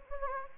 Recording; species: mosquito wingbeat signal from an infrared sensor; Anopheles gambiae